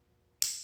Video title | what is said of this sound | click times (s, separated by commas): Leatherman Charge Review - An Awesome Multi-tool | back in so you'll hear it click in I think | 0.4 s